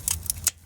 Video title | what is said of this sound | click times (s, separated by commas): 2012 BMW OIL SENSOR GASKET REPLACEMENT | okay there you go you heard that click right there | 0.1 s, 0.3 s, 0.5 s